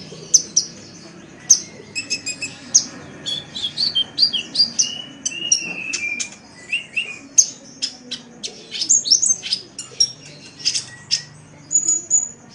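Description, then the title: Oriental magpie-robin singing a varied run of high whistles, clicks and short warbled phrases, with brief pauses between bursts. "Kicau Kacer"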